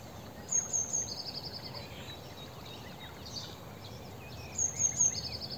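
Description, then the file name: Eurasian blue tit call: high, sharp triple notes dropping into a brief buzzing trill, given twice, with a faint soft chirp between them and steady background hiss. "Cyanistes caeruleus"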